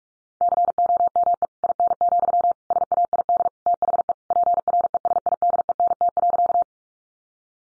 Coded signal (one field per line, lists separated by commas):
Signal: Morse code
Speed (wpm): 44 wpm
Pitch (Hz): 700 Hz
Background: none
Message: COME IN, SAID THE PRESIDENT.